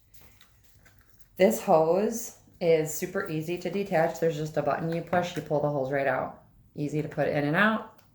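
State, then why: Not seated. The push-button quick-connect fitting of a drinking hose is handled near the port of a 2-liter water bladder from an Aonijie hydration backpack, with a few faint, soft taps in the first second before someone talks. Nothing has seated or clicked yet; the clip ends just before the fitting goes home.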